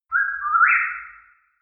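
Songbird giving a single clear whistled note lasting about a second, steady at first, then stepping up in pitch and fading out slowly.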